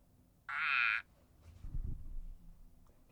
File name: Uperodon palmatus